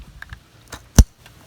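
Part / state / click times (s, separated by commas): electrical connector into mass airflow sensor / seated / 1.0 s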